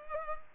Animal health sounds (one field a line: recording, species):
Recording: mosquito wingbeat signal from an infrared sensor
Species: Culex pipiens